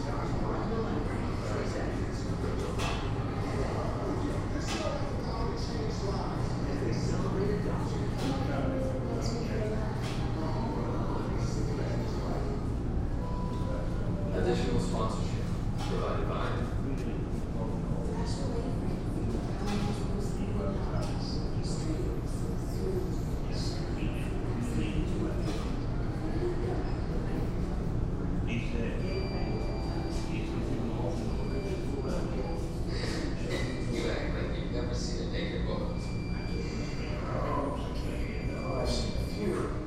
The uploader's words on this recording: Laundromat in Barton Heights. In the recording, the voices from a television echo off the floor tiles. The rumble of the dryers lays below the voices of people doing laundry, including a child and her mother.